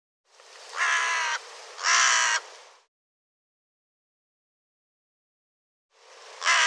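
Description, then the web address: Bird producing two hoarse, raspy caws, silence, then a third caw beginning at the very end. "cianscape birddata Deverinetal 2025"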